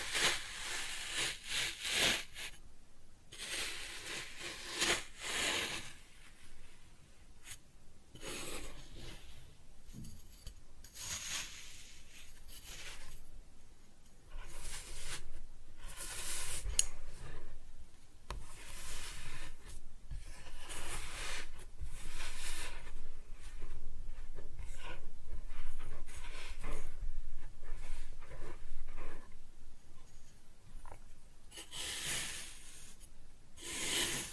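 Kinetic sand being cut and scooped, with soft gritty scrapes and crumbly rustles coming in irregular bursts throughout. Brighter, hissier strokes stand out near the start, around 16 to 20 seconds, and again near 32 seconds, separated by quieter, duller handling.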